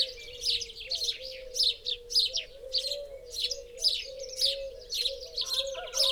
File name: Passer domesticus